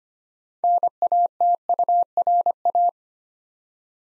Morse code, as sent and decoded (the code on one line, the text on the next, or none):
-. .- - ..- .-. .-
NATURA